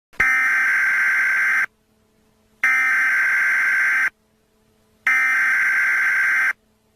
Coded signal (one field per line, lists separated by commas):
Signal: Emergency Alert System (SAME) tones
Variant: header bursts